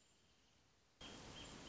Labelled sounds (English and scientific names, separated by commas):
Wrentit (Chamaea fasciata)